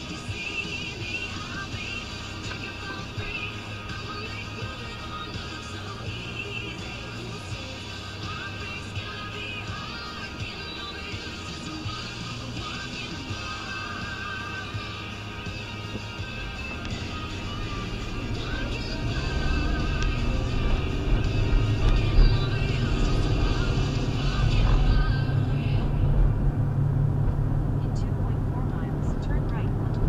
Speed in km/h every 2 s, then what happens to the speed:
0, 0, 0, 0, 0, 0, 0, 0, 0, 24, 37, 45, 47, 48, 52.
0-16 standing. 16-30 pulls away to 52.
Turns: none.